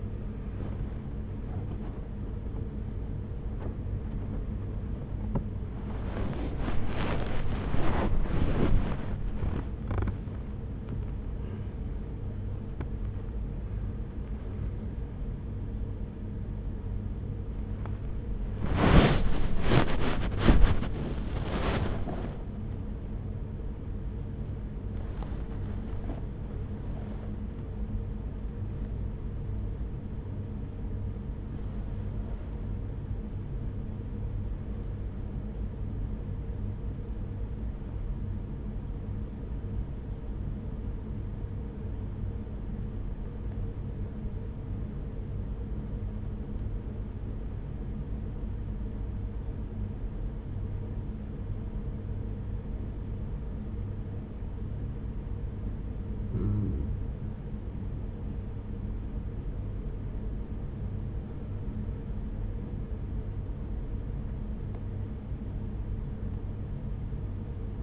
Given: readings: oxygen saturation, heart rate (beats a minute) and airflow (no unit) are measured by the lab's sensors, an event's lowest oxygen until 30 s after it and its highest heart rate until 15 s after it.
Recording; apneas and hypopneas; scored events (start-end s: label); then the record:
a person awake in a sleep study, by a smartphone at the bedside; 1
0.00-57.00 s: awake
35.00-62.40 s: hypopnea (scored as awake, oxygen 97% highest, then 93% lowest)
45.00-67.83 s: new sleep stage, N1 (lightest sleep)
From the record:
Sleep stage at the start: awake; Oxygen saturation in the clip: 87 to 97%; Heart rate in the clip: 45 to 71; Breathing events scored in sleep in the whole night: 210 in 6.9 hours asleep